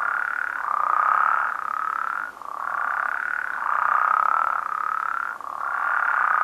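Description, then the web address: Western spadefoot calling: hoarse trills repeated with almost no gaps between them. Recorded in North America. "Songs of Frogs Toads of North America. Western Spadefoot"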